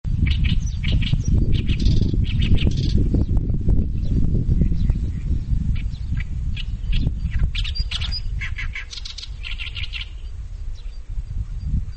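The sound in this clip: Bird calls: many short, sharp chirps in clustered bursts over a constant loud low rumble.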